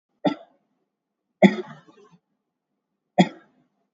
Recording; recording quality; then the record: shallow voluntary cough; excellent, no background noise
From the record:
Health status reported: COVID-19 positive, mild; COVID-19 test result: positive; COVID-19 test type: RT-PCR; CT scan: taken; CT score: 3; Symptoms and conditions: cold, fatigue, loss of smell and taste, hypertension, diabetes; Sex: male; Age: 76 years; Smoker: no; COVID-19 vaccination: both doses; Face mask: worn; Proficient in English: yes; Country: India